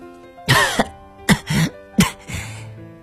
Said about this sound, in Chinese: 她不断地咳嗽着，额头上的鲜血和眼中的泪水一并滴落，溅起一簇红黑色的泥珠。